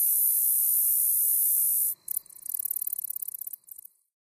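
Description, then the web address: Agile meadow katydid song: a steady high hissing buzz ends abruptly, followed by a run of rapid, separate ticks that fade out. "Songs of Insects. Agile Meadow Katydid"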